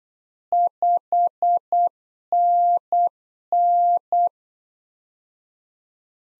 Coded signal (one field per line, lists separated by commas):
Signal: Morse code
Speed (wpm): 8 wpm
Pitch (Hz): 700 Hz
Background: none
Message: 5NN